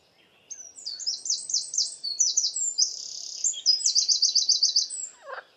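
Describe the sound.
Bird song, a lively high-pitched jumble of quick chirps and buzzy trills, ending in a fast evenly repeated series of notes, with a faint lower call near the end.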